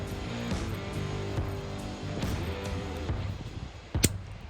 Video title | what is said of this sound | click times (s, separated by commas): Preparing for the Hunt - Thompson/Center Dimension - Spring Bear Hunt Part 1 | then when you hear that click that click is meaning that it's tight enough so we'll release another | 4.0 s